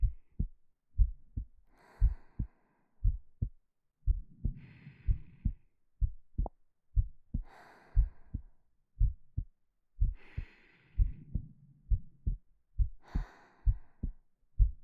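Steady paired low thumps at about 60 beats a minute, each a lub-dub, with soft slow breaths every few seconds. A calm, regular heartbeat.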